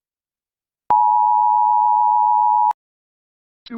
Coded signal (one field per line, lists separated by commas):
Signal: Emergency Alert System (SAME) tones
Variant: 853 and 960 Hz attention tone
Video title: EAS scenario: Kee Hat#s Me 4 (FULL)